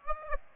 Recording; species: mosquito wingbeat signal from an infrared sensor; Aedes aegypti